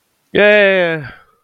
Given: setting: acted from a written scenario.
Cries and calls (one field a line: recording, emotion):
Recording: vocal sound without words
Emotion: elation